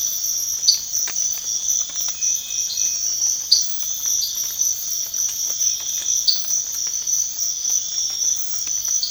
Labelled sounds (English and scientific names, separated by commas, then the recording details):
none
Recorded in pastures near Puerto Asís, Putumayo, Colombia, on 8 March 2025 at 05:30
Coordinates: 0.502, -76.324
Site GP07